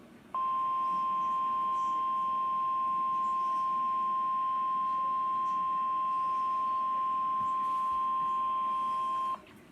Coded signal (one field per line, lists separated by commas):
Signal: Emergency Alert System (SAME) tones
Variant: 1050 Hz attention tone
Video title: EAS Capture #2 Flood Warning for Augusta AR.